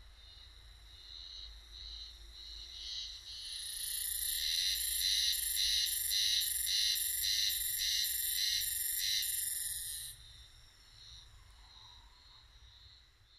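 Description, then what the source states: Haruzemi cicada singing a loud, pulsing high buzz, its throbbing beats coming roughly twice a second for about seven seconds, then stopping, leaving a quiet low rumble. 12 June 2005.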